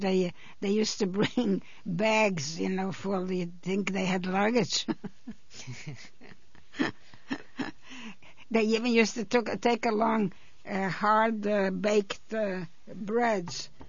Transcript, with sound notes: They, they used to bring bags, you know, for the-- you think they had luggage? (they laugh) They, you mean, used to took, take along hard baked breads.